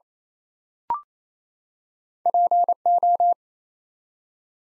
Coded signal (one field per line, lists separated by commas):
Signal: Morse code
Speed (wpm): 27 wpm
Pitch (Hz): 700 Hz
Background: none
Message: PO